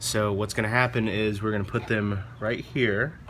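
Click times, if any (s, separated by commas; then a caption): none. Someone talks while positioning a retaining clip for the splash guard (mud flap) of a 2015 Honda CR-V at the edge of the fender/wheel-arch panel, lined up with the punched hole. Only speech is heard, and nothing has seated or clicked yet.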